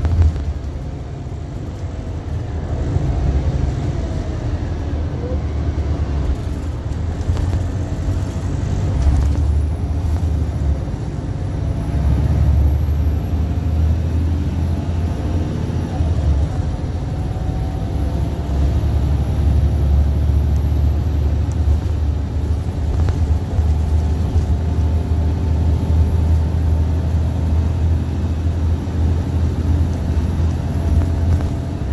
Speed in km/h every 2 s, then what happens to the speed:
58, 40, 24, 23, 29, 35, 40, 45, 48, 52, 53, 55, 56, 58, 60, 60.
0-4 brakes to 24. 7-32 speeds up to 60.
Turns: none.